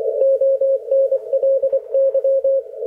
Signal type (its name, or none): Morse code